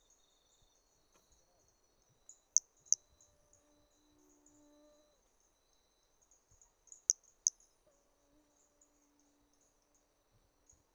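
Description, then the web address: Toadlet calling with two pairs of very high, brief clicky notes, the pairs roughly four and a half seconds apart, over a constant thin insect hum. Individual 3 at Trilha do Ipiranga in 2021, held in the MHNCI collection; the first three notes of the call were lost. "2021 MHNCI Brachy hermogenesi Trilha do Ipiranga ind 3 three starting notes lost"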